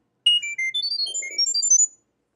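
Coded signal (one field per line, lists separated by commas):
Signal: data over sound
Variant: Chirp.io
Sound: quick melodic run of about twenty short pure beeps at changing high pitches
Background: faint low rumble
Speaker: now it's listening so now I get to send this blue message and instantly basically the LEDs turn on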